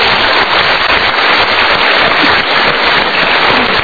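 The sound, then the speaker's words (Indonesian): A dense burst of audience applause on the show Mario Teguh Golden Ways, many hands clapping steadily and loudly for several seconds with no voices over it. “Kita berikan tepuk tangan dulu.”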